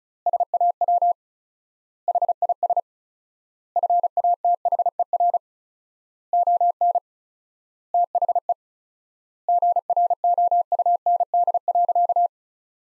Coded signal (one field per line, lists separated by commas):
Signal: Morse code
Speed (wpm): 36 wpm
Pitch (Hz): 700 Hz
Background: none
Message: SAW HIS FATHER ON THE GROUND.